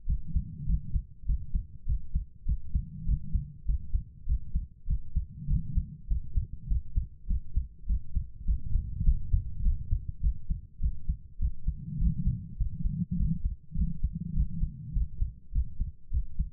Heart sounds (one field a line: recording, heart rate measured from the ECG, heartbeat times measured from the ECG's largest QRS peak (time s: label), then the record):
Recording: heart sounds by stethoscope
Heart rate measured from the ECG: 101 bpm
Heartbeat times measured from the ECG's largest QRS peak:
0.05 s: heartbeat
0.65 s: heartbeat
1.25 s: heartbeat
1.85 s: heartbeat
2.44 s: heartbeat
3.04 s: heartbeat
3.64 s: heartbeat
4.25 s: heartbeat
4.85 s: heartbeat
5.46 s: heartbeat
6.06 s: heartbeat
6.66 s: heartbeat
7.26 s: heartbeat
7.85 s: heartbeat
8.44 s: heartbeat
9.02 s: heartbeat
9.61 s: heartbeat
10.20 s: heartbeat
10.79 s: heartbeat
11.38 s: heartbeat
11.97 s: heartbeat
12.56 s: heartbeat
13.15 s: heartbeat
13.74 s: heartbeat
14.33 s: heartbeat
14.92 s: heartbeat
15.51 s: heartbeat
16.09 s: heartbeat
From the record:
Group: healthy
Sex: female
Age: 32 years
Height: 172 cm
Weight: 71.7 kg